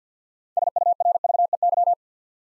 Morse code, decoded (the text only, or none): SURVEY